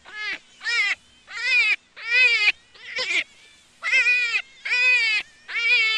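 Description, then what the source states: Jackrabbit squealing: harsh, harmonic, wavering cries about half a second long, repeated roughly once a second with short silent gaps. Juvenile.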